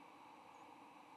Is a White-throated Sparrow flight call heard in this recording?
no